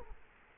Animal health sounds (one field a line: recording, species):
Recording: mosquito wingbeat signal from an infrared sensor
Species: Culex quinquefasciatus